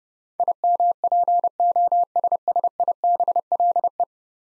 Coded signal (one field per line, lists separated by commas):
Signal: Morse code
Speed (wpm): 32 wpm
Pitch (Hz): 700 Hz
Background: none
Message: IMPOSSIBLE